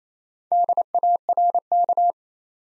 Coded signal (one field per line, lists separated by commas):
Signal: Morse code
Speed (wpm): 27 wpm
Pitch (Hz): 700 Hz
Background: none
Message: DARK